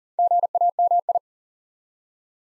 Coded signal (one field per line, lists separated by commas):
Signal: Morse code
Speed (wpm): 42 wpm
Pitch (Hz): 700 Hz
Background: none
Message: GAMI